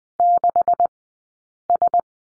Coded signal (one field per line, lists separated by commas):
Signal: Morse code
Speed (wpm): 20 wpm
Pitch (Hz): 700 Hz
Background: none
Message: 6S